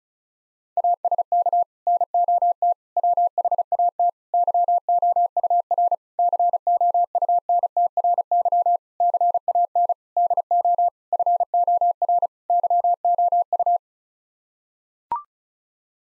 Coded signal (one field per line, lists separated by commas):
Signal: Morse code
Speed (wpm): 34 wpm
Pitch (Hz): 700 Hz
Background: none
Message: ASK NOT WHAT YOUR COUNTRY CAN DO FOR YOU